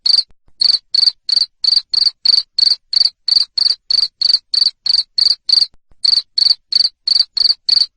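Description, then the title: Cricket chirping shrilly in a regular series, about three pulses every second, with two short breaks. Loud cricket chirping used to stimulate lovebirds to sing continuously. "Suara JANGKRIK NGERIK Keras Bikin LOVEBIRD Jadi NGEKEK Terus Vubey"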